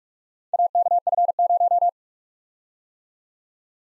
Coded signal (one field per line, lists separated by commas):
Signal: Morse code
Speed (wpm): 44 wpm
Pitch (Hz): 700 Hz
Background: none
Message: AKF0